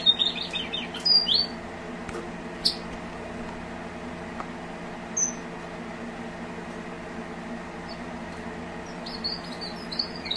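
Strawberry finch chirps, thin high twittering notes in short bursts at the start, middle and end, with quieter gaps and a low background hum.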